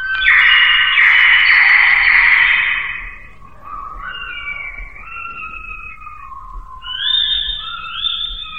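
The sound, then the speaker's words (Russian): A high, reedy pipe plays alone, opening with a loud, bright sustained burst, then continuing with softer gliding notes that slide up and down in a wavering tune. “Да это слетаются зимние птицы на звонкую дудочку нашего гнома.”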